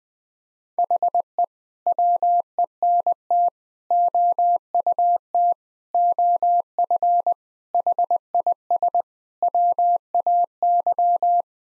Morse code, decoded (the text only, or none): HE WENT OUT OF HIS WAY